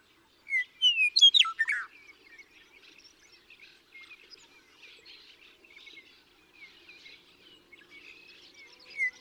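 Western meadowlark song: flute-like whistles falling in pitch, then a quick jumbled gurgle, sung once early, with soft chirps from other birds continuing throughout.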